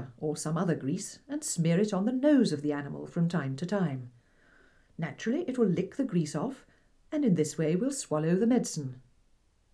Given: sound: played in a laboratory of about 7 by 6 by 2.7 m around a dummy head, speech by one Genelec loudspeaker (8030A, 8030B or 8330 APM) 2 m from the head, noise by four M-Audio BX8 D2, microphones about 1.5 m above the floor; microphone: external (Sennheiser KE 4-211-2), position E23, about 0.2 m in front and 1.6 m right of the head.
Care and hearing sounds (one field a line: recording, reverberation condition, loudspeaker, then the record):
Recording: female speech in English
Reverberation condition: low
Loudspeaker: 60 degrees to the right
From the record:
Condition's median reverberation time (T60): about 310 ms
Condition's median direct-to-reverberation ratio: about 3.5 dB